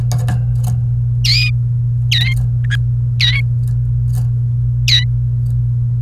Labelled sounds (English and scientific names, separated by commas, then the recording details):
Domestic Canary (Serinus canaria) song
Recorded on 28 April 2018 at 11:06
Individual llb3